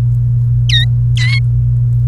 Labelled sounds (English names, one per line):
Domestic Canary song